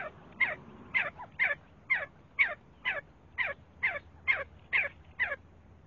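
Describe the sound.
See-see partridge calling with a series of sharp, whistled notes that fall in pitch, about two each second at a slightly uneven pace.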